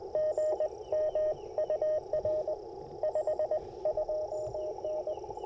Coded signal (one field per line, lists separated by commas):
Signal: Morse code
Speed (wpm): 21 wpm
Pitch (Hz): 590 Hz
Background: none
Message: GM UR 52N